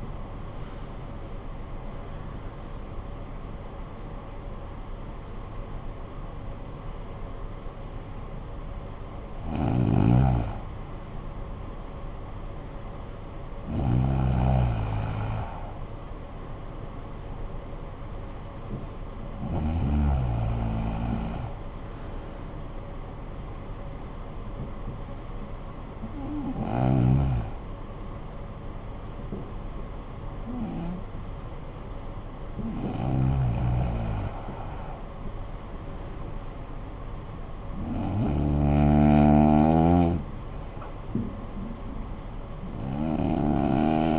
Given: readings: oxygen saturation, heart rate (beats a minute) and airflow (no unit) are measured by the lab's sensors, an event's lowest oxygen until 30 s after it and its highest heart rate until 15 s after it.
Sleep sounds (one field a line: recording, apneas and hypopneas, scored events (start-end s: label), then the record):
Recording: breathing in sleep by a smartphone at the bedside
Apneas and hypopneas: none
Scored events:
none scored
From the record:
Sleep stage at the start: REM sleep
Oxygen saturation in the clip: 74 to 95%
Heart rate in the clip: 45 to 78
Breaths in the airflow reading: 9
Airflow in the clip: -12.8 to 19.9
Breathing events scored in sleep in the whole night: 445 in 7.6 hours asleep